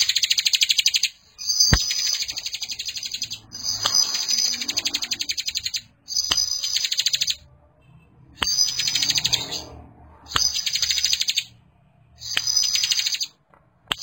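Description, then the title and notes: Bar-winged prinia: repeated high, rapid ticking trill bursts of about one to two seconds, separated by short pauses, with a steady thin tone and intermittent clicks. Several birds including young ones, singing persistently (described as 'gacor'). "Kicau Ciblek. putri sherin. suara burung ciblek gacor dan anakan"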